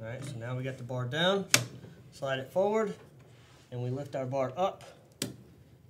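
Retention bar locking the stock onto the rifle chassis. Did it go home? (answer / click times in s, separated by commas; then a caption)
yes / 5.2 s. Someone talks while the retention bar on an MDT Tac 21 chassis system for a Remington 700 short action is held down, the stock part is slid forward, and the bar is lifted. The metal retention piece gives a sharp click at 5.2 s, locking the stock onto the rifle chassis.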